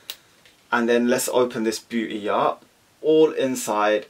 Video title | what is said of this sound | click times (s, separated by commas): Louis Vuitton - Top 6 Items To Buy for Xmas & Travel For Men | beautiful little clip that you can snap in place | 0.1 s